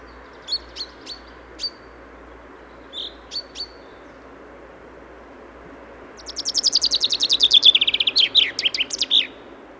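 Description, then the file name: Common chaffinch: several short, sharp call notes spaced apart, then a full song that drops in pitch before a final flourish. "Fringilla coelebs"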